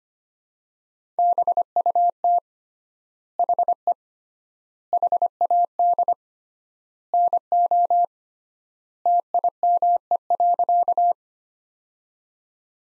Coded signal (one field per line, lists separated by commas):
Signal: Morse code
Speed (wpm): 25 wpm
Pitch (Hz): 700 Hz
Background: none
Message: BUT HE HAD NO TIME.